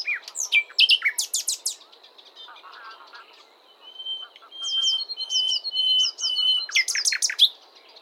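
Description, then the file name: Common nightingale delivering loud staccato notes, then a quiet stretch and a steady drawn-out whistle with sharp chips, ending in a burst of rapid notes. "Luscinia megarhynchos"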